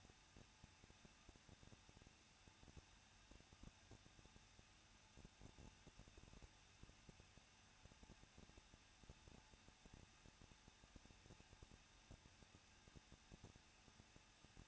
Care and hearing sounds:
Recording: daily activity, microphone in the room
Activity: no activity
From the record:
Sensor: 2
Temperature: 21.0 degrees Celsius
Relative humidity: 37.5%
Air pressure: 1006.2 hPa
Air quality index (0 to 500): 222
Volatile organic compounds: 24 ppm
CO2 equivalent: 2823 ppm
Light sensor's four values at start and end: 2/3/2/2 and 2/3/2/2

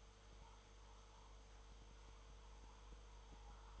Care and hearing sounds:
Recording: daily activity, microphone in the room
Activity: make coffee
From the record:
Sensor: 3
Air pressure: 1014.7 hPa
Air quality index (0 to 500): 189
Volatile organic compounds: 20 ppm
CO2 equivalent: 2702 ppm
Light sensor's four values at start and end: 5/12/4/4 and 5/12/4/4

